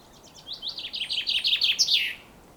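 Common chaffinch song: a quick run of bright notes that speeds up and steps downward, ending in a short emphatic flourish.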